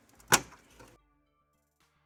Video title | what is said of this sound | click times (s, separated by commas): HP Desktop Upgrade | there we are clicked right in okay | 0.3 s